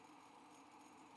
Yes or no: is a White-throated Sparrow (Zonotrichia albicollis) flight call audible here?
no